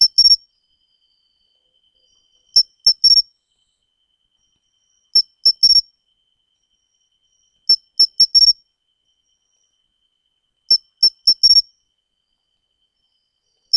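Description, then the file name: Pine cricket song with crisp, high clustered chirps of three to four notes, repeated at steady intervals of about two and a half seconds. "matsumushi"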